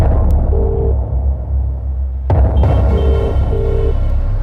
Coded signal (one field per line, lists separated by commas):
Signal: telephone call progress tone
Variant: UK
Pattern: ringback tone